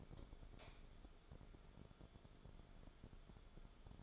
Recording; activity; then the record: daily activity, microphone in the room; light off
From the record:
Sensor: 5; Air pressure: 1010.3 hPa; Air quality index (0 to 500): 118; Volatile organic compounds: 2 ppm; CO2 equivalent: 1164 ppm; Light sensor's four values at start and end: 518/1327/549/617 and 516/1321/547/615